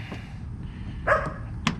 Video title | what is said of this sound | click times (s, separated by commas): Installing Fender Flares (Rough Country) on my 15 Sierra | It's gonna be kind of hard, but you gotta click it in there until it clicks like that. | 1.7 s